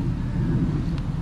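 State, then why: Not seated. A wiring harness electrical connector is handled at the number six fuel injector on a Jaguar V8 engine. A steady low rumble fills the clip, with one brief faint tick near 1.0 seconds. The connector has not seated or clicked in yet.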